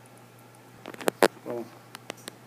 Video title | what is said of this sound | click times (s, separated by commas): Santa Cruz Bronson Carbon Build Part 8 (final) KMC X10SL Chain | and it just pops into place like that | 2.1 s